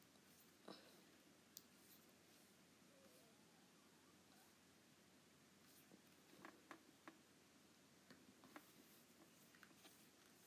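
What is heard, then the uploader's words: An Apple Pencil taps and scratches on an iPad over a steady low hiss, with sharp clicks near one and a half seconds and clustered around six to nine seconds. ASMR Apple Pencil on iPad.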